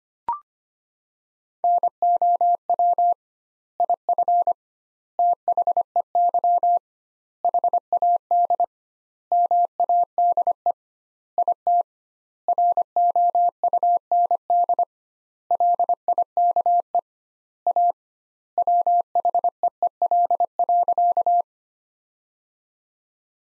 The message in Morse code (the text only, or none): NOW IF THEY HAD MADE IT ROUND LIKE A WHEEL.